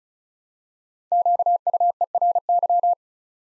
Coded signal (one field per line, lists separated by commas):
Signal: Morse code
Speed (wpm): 36 wpm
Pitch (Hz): 700 Hz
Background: none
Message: QUERY